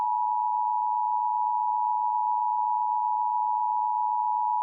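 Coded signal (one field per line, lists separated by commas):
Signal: Emergency Alert System (SAME) tones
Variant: 853 and 960 Hz attention tone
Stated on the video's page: Recreation of an EAS traffic alert with valid EAS tones.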